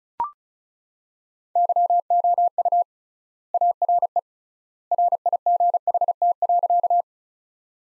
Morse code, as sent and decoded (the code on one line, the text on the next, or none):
-.-- --- ..- / .- .-. . / .-. .. --. .... - .-.-.-
YOU ARE RIGHT.